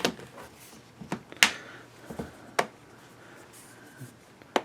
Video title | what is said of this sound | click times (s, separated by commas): Toshiba Encore 2 Snap Case with Cover Review | and pretty much snaps into place so you can see from here uh the | 1.4 s, 2.6 s, 4.6 s